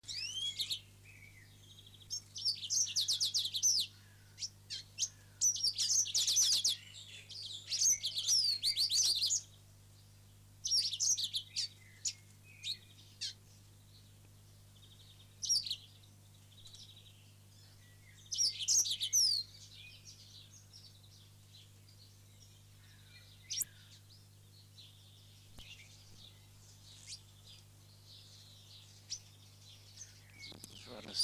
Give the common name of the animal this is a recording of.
African Silverbill